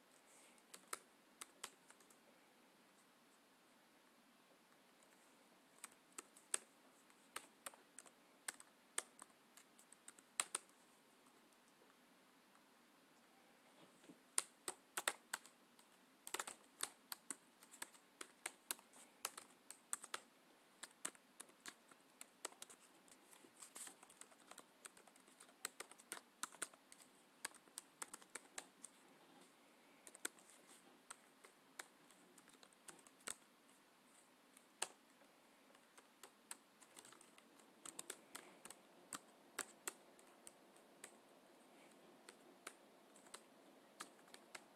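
Someone types on a computer keyboard, sharp clicks arriving in uneven bursts, sparse for the first dozen seconds and then denser and quicker from about 14 seconds on. The keys sound crisp over a quiet, steady hush, with brief pauses between flurries.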